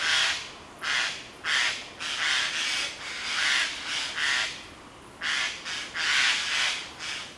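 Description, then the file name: Eurasian jay calling with repeated harsh, grating screeches, about a dozen rasping bursts in close succession with brief pauses between groups. "Garrulus glandarius"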